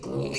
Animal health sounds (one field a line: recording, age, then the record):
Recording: pig call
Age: weaner (32 to 43 days)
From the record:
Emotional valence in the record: negative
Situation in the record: short isolation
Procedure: open field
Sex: female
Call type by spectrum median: low-frequency call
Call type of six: mixed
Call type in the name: high-frequency modulated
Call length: 0.39 s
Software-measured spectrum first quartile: 315 Hz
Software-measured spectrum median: 803 Hz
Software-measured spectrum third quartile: 3708 Hz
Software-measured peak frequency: 409 Hz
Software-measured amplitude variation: 91 dB a second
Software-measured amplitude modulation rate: 20.3 a second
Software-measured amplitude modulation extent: 4.5 dB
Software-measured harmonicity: 1.4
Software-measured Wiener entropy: -3.92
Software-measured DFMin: 1748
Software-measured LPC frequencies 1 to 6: 422, 2378, 2706, 4488, 5623, 6372 Hz